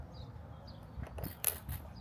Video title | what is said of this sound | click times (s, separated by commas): Mariah 2023 Integra Aspec Side Skirt Add On!! OEM! Was it Worth it? | Not all the way in yet cuz I don't want to pull off the tape. | 1.5 s